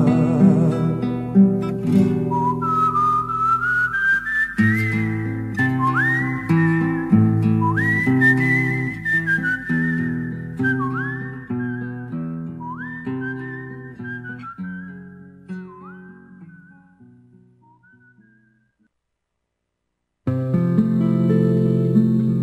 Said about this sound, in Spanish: Y así se fue, chiflando bajito, ¿no? Chiflando bajito.